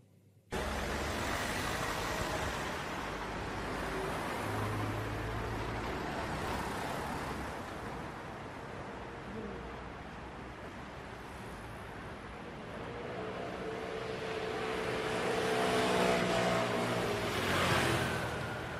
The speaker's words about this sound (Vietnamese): Chiếc xe lăn bánh rời khỏi thành phố ồn ào náo nhiệt. Những tiếng còi xe bỗng chốc vang lên một cách inh ỏi. Những hàng xe này nối xe kia xếp thành những hàng dài.